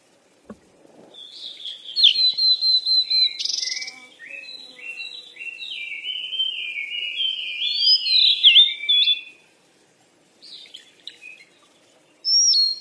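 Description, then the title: Bird chirping in a long run of quick high notes, some descending slurs and trills, falling quiet briefly before short high bursts near the end. "鸟儿喳喳"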